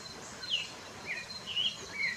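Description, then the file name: Red-crowned ant-tanager giving a few short, high whistled notes spaced roughly half a second apart over a steady soft hiss. "Canto do tie de bando"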